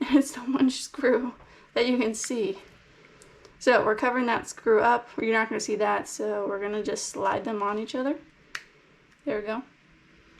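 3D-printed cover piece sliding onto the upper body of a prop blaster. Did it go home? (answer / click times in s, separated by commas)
yes / 8.6 s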